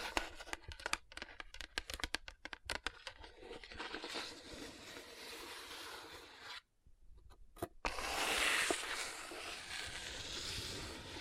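Tapping and rubbing on rhinestone-covered palms: quick sharp taps give way to dense, bright scraping, broken by a brief silence near seven seconds.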